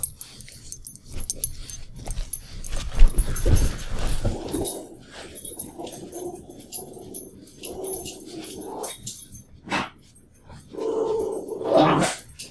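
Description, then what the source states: Dog growling and grumbling in several uneven, rough bouts. Two dogs playing.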